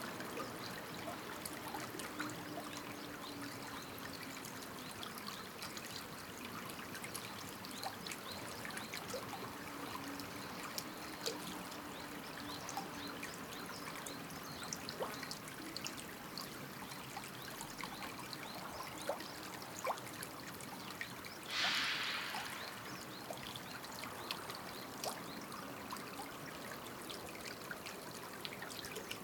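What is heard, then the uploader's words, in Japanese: A small river babbles and trickles steadily through the morning, a dense, even wash of bright splashing with many tiny droplet clicks. A faint low hum runs underneath, and around 21–22 seconds a brief louder splash or gurgle rises above the flow. 朝の野川のせせらぎ音。５分間時間を決めてマイク片手にひたすら棒立ちしている。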